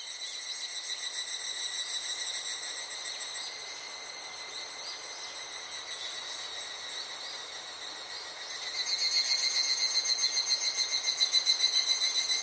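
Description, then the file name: Higurashi cicada song: a steady, ringing, pulsed trill of high tones that swells noticeably louder in the last few seconds. Summer cicada calls recorded in Japan. "the nature sounds society japan higurashi"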